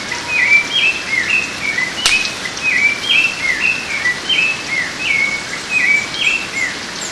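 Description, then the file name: Rufous-bellied thrush singing a steady series of short whistled phrases, the notes slurring up and down. A single sharp click is heard about two seconds in. Recorded at Mongaguá, São Paulo, Brazil, on 4 October 2014. "Turdus-rufiventris 1-Pco Anta Mongagua SP-BR-4-10-14-ASilveira"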